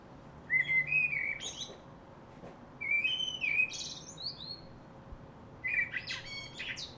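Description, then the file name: Common blackbird delivering three warbled phrases, fluting notes dissolving into shrill high flourishes, roughly every two to three seconds, over a low steady hum. "Turdus merula"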